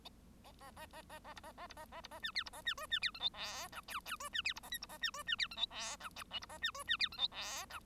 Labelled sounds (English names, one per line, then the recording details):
Bengalese Finch song
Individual Bird1